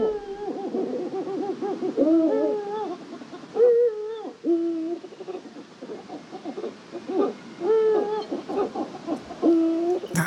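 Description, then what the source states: Eurasian eagle-owl hoots and calls: hoarse tonal notes at shifting pitches, some wavering, over a steady background of rapid chattering notes. Excitement at an eagle-owl nest in Maastricht, part of the owls' soap-like goings-on at night.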